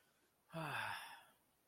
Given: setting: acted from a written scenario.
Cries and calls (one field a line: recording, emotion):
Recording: vocal sound without words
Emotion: contentment